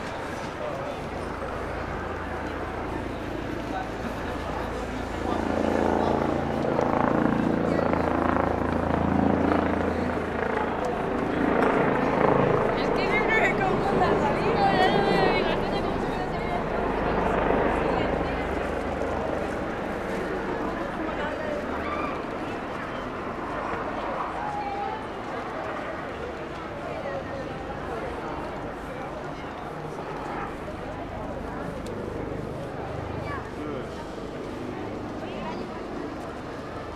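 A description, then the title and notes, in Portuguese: A short walk through the Puerta del Sol, with a steady murmur of many voices throughout. Crowd chatter rises between roughly five and eighteen seconds, with a low rumble of traffic underneath, then settles into a calmer, even hum of talk. Pequeno percurso na Puerta del Sol.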